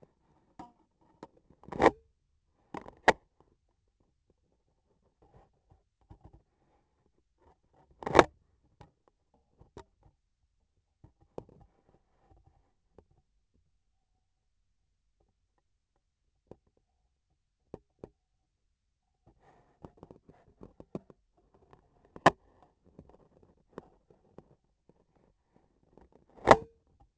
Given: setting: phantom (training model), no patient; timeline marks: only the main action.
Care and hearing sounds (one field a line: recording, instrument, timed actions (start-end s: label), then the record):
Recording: laparoscopic instrument, vibration sensor on the handle end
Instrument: scissors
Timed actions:
1.54-2.16 s: cutting thread
7.85-8.34 s: cutting thread
26.18-26.81 s: cutting thread
From the record:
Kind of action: gesture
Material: cotton thread